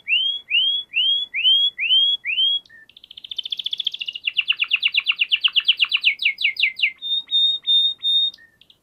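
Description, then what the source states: Canary song beginning with six rising whistled notes, then a fast buzzy trill, a run of quick chirps and a steady high whistle. Canary song used for training other birds (masteran).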